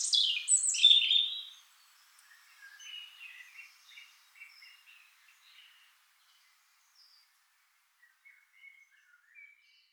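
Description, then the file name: European robin opens with a loud, bright cascade of high notes, then continues with softer, scattered thin whistles and twitters that fade. "Erithacus rubecula"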